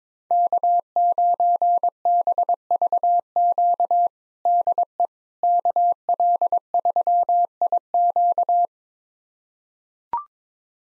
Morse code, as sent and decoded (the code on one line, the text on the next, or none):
-.- ----. -... ...- --.- / -.. . / -.- .-.. ...-- .. --.-
K9BVQ DE KL3IQ